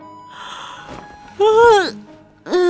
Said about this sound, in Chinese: 白鹤怀推门而出，一脸没睡醒的样子，看着院中的二人又打了个大大的哈欠。